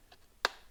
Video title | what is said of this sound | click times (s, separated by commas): All You Need is a Light Socket and You Can Have a Ceiling Fan and Light! | there you go audible snap | 0.5 s